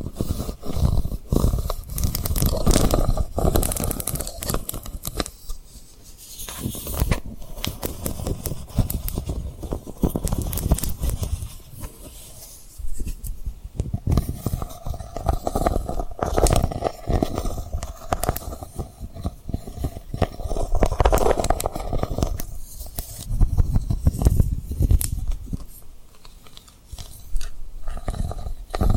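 Dense, irregular tapping and rubbing on rhinestones, with quick clicks and scratchy strokes running continuously, swelling into louder rustling bursts now and then.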